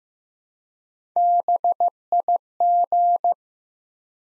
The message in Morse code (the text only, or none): BIG